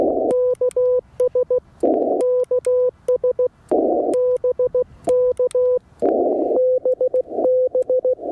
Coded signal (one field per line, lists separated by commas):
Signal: Morse code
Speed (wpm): 16 wpm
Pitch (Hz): 500 Hz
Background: none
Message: KS KS BK BB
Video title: I'm no POTA expert, but I did activate a Holiday Inn Express!!!